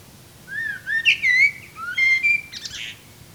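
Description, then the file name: Common blackbird calls: a series of clear whistled notes, rising and falling, ending in a short hissy squeak, over a low steady background. "Turdus merula"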